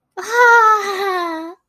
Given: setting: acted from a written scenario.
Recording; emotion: vocal sound without words; awe